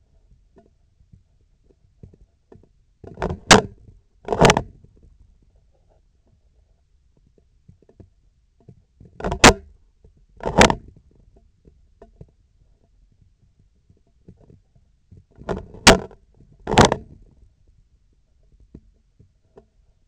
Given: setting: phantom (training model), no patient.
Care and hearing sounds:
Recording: laparoscopic instrument, vibration sensor on the handle end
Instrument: scissors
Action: opening and closing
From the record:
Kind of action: tool actuation without material contact

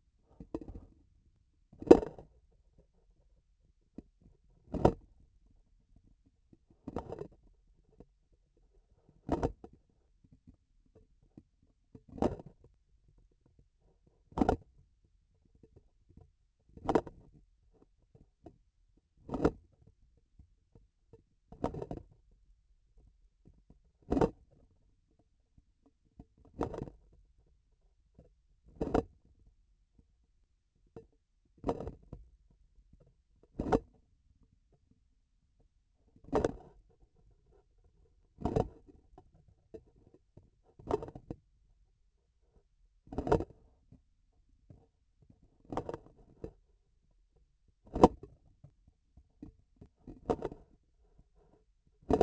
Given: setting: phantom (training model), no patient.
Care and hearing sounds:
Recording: laparoscopic instrument, vibration sensor on the handle end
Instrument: grasping forceps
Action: opening and closing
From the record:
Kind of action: tool actuation without material contact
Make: Olympus

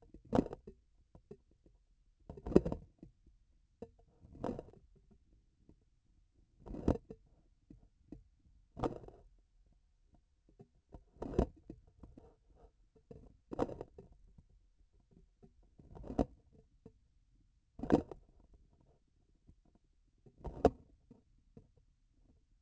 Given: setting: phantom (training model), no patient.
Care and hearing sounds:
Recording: laparoscopic instrument, vibration sensor on the handle end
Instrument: grasping forceps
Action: opening and closing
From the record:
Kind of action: tool actuation without material contact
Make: Olympus

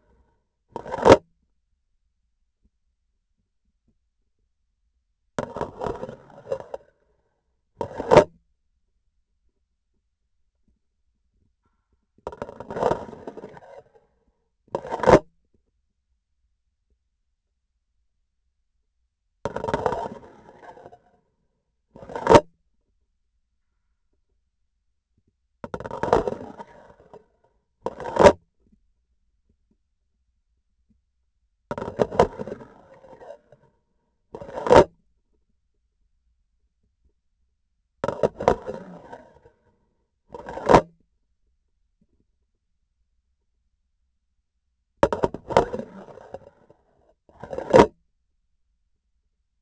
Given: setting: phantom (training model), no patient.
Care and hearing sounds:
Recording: laparoscopic instrument, vibration sensor on the handle end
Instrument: grasping forceps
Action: insertion and removal through the trocar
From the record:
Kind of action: spatial motion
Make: other than Olympus

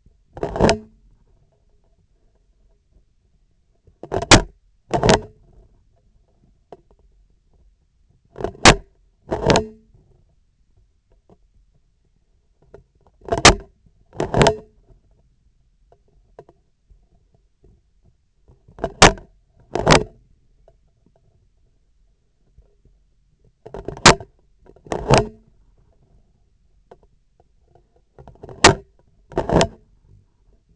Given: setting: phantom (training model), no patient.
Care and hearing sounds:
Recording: laparoscopic instrument, vibration sensor on the handle end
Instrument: scissors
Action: opening and closing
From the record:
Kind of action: tool actuation without material contact

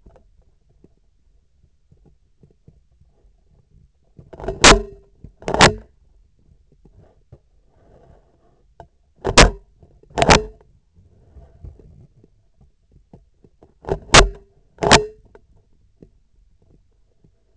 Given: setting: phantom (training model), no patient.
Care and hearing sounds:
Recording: laparoscopic instrument, vibration sensor on the handle end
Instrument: scissors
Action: opening and closing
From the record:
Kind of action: tool actuation without material contact

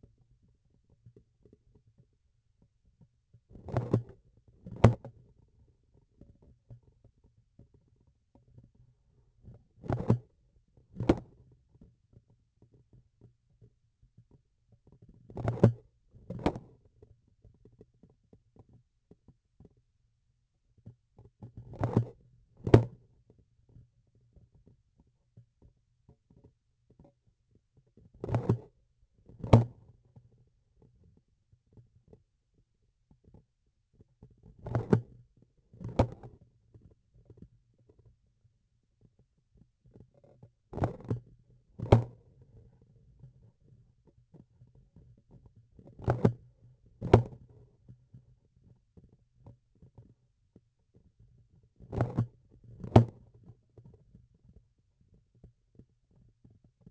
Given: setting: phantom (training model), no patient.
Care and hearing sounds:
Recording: laparoscopic instrument, vibration sensor on the handle end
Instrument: grasping forceps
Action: opening and closing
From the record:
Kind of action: tool actuation without material contact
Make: other than Olympus

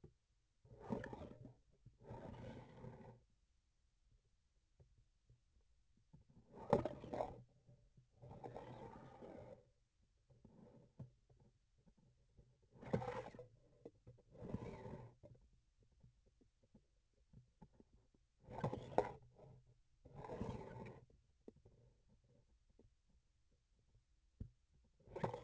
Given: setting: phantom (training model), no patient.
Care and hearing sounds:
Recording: laparoscopic instrument, vibration sensor on the handle end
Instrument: grasping forceps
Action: approaching and retracting movements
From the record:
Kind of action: spatial motion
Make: other than Olympus

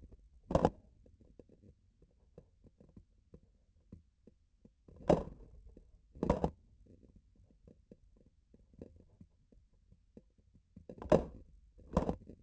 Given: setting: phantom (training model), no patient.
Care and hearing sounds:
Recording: laparoscopic instrument, vibration sensor on the handle end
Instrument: grasping forceps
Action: opening and closing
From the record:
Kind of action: tool actuation without material contact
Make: other than Olympus

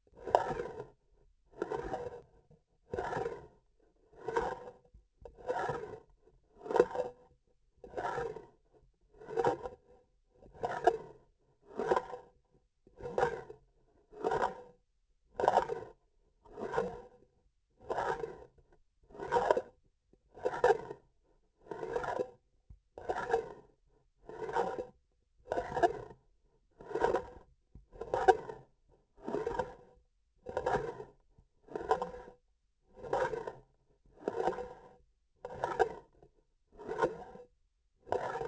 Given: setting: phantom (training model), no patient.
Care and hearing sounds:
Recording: laparoscopic instrument, vibration sensor on the handle end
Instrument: grasping forceps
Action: approaching and retracting movements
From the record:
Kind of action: spatial motion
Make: Olympus

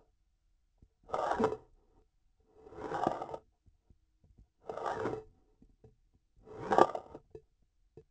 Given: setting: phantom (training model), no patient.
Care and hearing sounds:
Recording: laparoscopic instrument, vibration sensor on the handle end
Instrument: grasping forceps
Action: approaching and retracting movements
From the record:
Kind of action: spatial motion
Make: Olympus

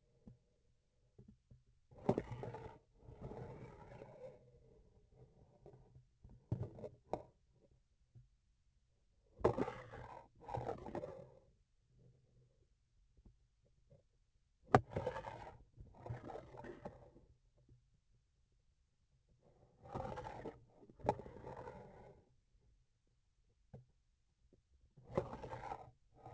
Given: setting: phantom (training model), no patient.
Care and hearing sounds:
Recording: laparoscopic instrument, vibration sensor on the handle end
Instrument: grasping forceps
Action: approaching and retracting movements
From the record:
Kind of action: spatial motion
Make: other than Olympus

